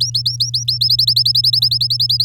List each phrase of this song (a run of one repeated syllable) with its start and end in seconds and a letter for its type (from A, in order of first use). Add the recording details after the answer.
0.00-0.78 A, 0.81-2.24 B. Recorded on 9 May 2018 at 10:19. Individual llb16